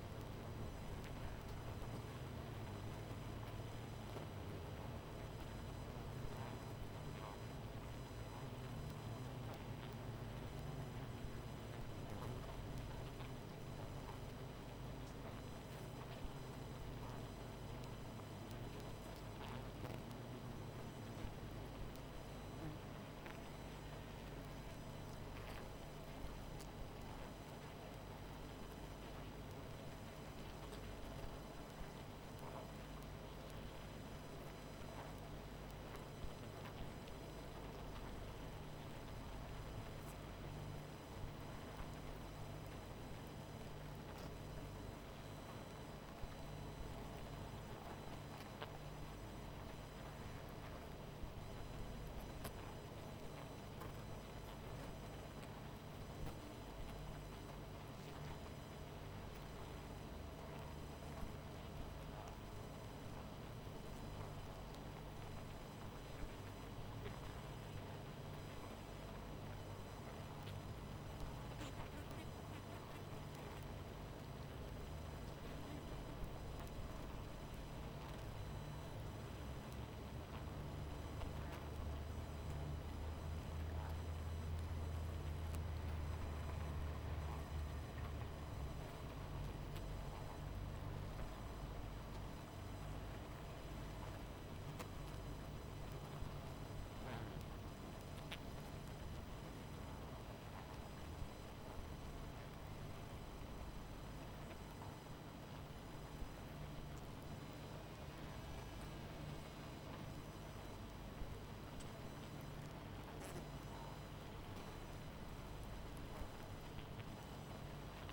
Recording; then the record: honeybee colony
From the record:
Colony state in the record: missing queen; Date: 14 July 2017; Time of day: 22:16